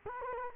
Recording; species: mosquito wingbeat signal from an infrared sensor; Culex quinquefasciatus